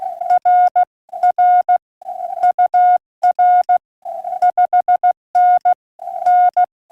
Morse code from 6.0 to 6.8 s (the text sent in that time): N